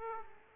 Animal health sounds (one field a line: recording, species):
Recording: mosquito wingbeat signal from an infrared sensor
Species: Aedes aegypti